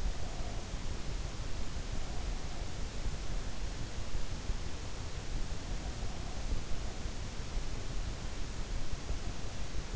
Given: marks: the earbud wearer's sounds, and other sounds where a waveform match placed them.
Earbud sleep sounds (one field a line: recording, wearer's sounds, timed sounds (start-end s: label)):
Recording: sounds in sleep by an in-ear microphone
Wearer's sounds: breath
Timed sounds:
0.00-0.98 s: breath